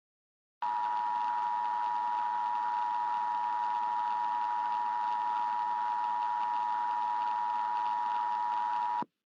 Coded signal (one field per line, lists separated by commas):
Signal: Emergency Alert System (SAME) tones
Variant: 853 and 960 Hz attention tone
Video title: EAS Scenario - Hypernado (Rescripted Version)